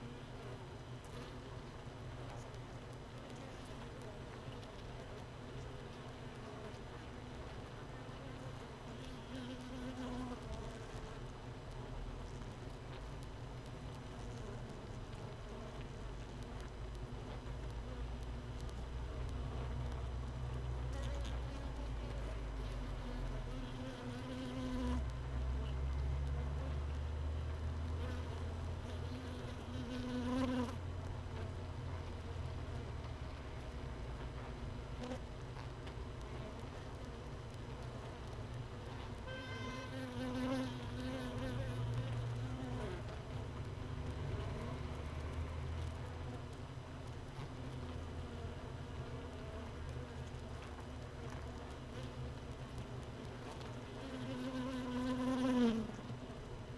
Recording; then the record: honeybee colony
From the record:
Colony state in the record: missing queen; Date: 31 May 2018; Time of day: 15:24